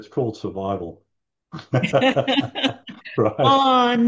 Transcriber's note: laughs